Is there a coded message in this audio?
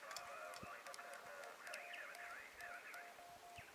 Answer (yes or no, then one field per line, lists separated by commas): yes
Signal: Morse code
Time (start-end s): 0.2-3.6 s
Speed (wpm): 19 wpm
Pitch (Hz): 700 Hz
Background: none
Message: GREAT TO